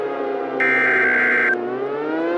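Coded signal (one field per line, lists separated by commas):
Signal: Emergency Alert System (SAME) tones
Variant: header bursts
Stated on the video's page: Fictional EAS scenario.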